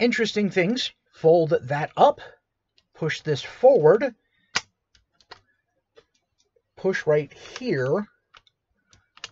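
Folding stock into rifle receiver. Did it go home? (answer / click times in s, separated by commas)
yes / 9.2 s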